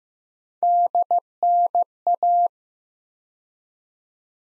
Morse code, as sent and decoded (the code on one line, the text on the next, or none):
-.. -. .-
DNA